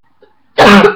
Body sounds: coughing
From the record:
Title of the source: Barking cough - # 10

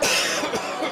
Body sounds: coughing mixed with background sound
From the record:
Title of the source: Dry Afternoon Cough

